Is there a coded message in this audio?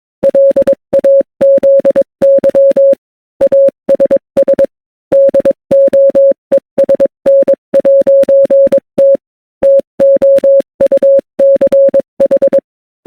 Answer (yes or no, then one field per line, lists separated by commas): yes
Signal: Morse code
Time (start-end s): 0.2-12.6 s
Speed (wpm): 22 wpm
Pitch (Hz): 550 Hz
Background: none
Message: LAZY ASS DOESN'T TOUCH